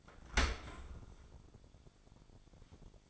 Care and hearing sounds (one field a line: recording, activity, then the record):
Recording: daily activity, microphone in the room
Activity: open dishwasher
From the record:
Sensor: 5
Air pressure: 1006.9 hPa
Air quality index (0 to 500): 183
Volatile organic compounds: 5 ppm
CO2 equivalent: 1749 ppm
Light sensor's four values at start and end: 53/145/57/58 and 53/147/58/58